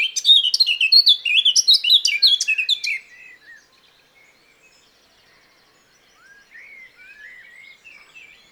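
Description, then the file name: Eurasian blackcap song: a loud three-second burst of quick, bright phrases, then near silence broken by soft, faint warbling toward the end. "Sylvia atricapilla"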